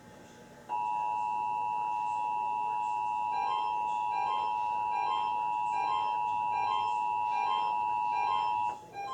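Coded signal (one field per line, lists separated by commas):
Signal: Emergency Alert System (SAME) tones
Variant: 853 and 960 Hz attention tone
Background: music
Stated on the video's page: National EAS test received via Comcast TV, WMBD-TV, NOAA Weather Radio KZZ65 on 162.525 MHz, and WILL-FM and WGLT-FM radio.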